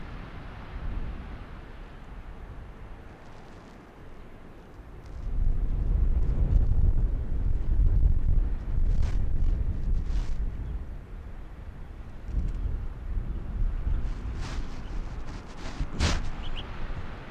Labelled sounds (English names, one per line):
Arctic Fox